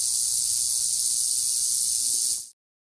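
Rattlesnake rattle: a steady, high, hissing buzz held evenly for about two and a half seconds, then cutting off abruptly into silence.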